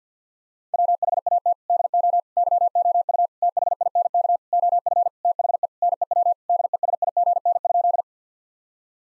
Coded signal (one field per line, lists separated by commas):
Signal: Morse code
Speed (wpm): 50 wpm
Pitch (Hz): 700 Hz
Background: none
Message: WHAT DO YOU THINK OF THE NEW DESIGN?